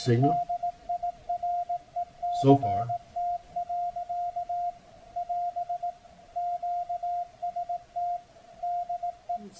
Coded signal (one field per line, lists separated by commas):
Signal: Morse code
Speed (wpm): 18 wpm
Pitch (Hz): 700 Hz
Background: speech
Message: DIRECT. <AS> QST DE